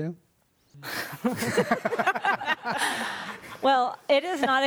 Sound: laughter